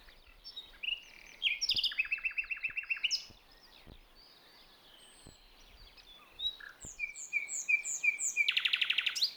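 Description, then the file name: Common nightingale delivering a quick repeated buzzy phrase, scattered chirps, a run of descending whistled notes, and a final loud rapid rattle, with faint clicks and birds behind. "Luscinia megarhynchos"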